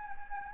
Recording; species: mosquito wingbeat signal from an infrared sensor; Anopheles gambiae